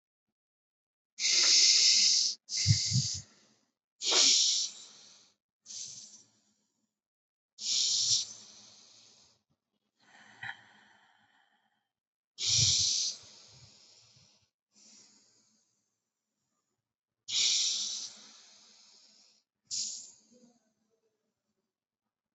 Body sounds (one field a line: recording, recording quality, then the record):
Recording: deep breathing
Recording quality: excellent, no background noise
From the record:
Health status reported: exposed to COVID-19, no respiratory illness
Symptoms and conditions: none ticked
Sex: male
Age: 25 years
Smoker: not ticked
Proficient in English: yes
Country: India